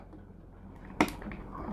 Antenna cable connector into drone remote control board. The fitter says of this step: a click boom okay now